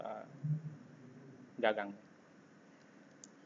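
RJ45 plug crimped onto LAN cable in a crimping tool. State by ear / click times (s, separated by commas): seated / 3.2 s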